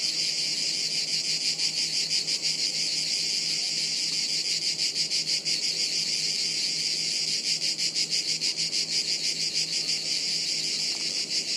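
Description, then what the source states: Cicada chorus, a steady high rasping drone throbbing roughly three times per second throughout, with a faint low hum beneath. Chorus of cicadas high in the trees overhead, woods near Sirolo, Italy, hot afternoon, August 23.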